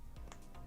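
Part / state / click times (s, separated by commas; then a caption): ear pad cushion onto over-ear headphone ear cup housing / seated / 0.3 s. A replacement ear cushion for a Sony WH-1000XM4 headphone is lined up on its pin and pressed at the ends onto the over-ear cup housing. A sharp click at 0.3 s, amid softer handling taps, shows the ear pad is seated and secured to the housing.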